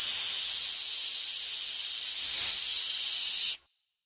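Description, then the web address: Snake hissing, one steady, breathy high hiss held for about three and a half seconds before cutting off abruptly into silence. "Ian Hubball Snake"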